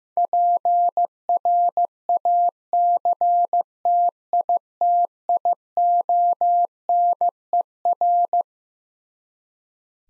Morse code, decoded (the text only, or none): PRACTITIONER